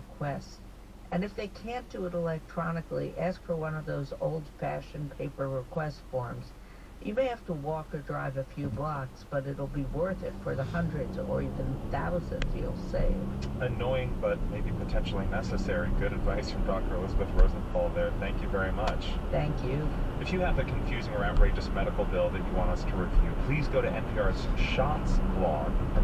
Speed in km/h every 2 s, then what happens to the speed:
0, 0, 0, 0, 0, 0, 13, 27, 32, 47, 55, 63, 64.
0-10 standing. 10-26 pulls away to 64.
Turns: none.